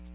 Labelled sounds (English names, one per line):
Ovenbird flight call